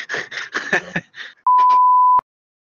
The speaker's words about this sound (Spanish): Lo estoy mandando al grupo de WhatsApp. Y por supuesto, ahí, ah, no mira, el grupo de WhatsApp está como una frecuencia diferente, hace otro ruido.